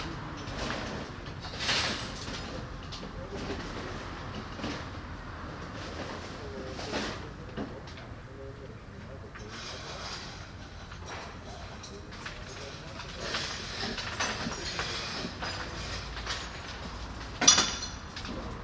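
Restoration work on an old school building goes on beneath a steady low rumble, like passing traffic or a tram. Brief scraping bursts rise every few seconds, with faint voices now and then, and a sharp knock rings out near the end.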